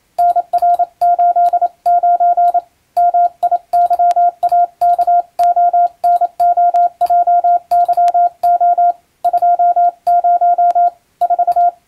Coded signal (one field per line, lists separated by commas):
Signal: Morse code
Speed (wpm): 27 wpm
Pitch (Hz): 700 Hz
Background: none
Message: NR89 MIYAKONOJYO 20 4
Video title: モールス符号を使った無線通信！今でもあります！国家試験があります、練習風景です。アマチュア無線の受信トレーニングに、YouTubeの再生速度を設定して聞こう！ morse code practice